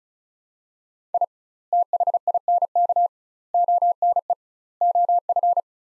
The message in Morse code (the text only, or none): I THINK ONE OF